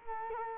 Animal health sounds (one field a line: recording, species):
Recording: mosquito wingbeat signal from an infrared sensor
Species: Culex quinquefasciatus